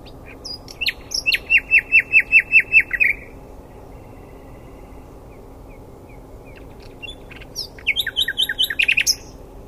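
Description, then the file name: Common nightingale song: a loud trill of evenly repeated notes, a pause with a faint buzz, then a second phrase of sharp repeated notes. "Luscinia megarhynchos"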